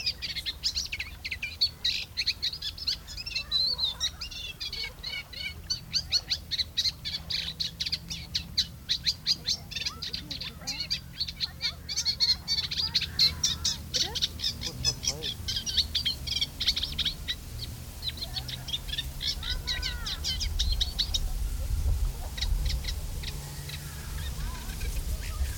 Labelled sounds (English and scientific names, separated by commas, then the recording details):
Eurasian Reed Warbler (Acrocephalus scirpaceus)
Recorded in the wild
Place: Seddiner See, Brandenburg, DE
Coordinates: 52.27, 13.01
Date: 1995-07-23 13:35
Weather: heiter, böiger Wind, 18°C
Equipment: Sony WM-D6C, Sennheiser ME 80, Kopie Uher 4000 Report Monitor
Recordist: Tembrock, Günter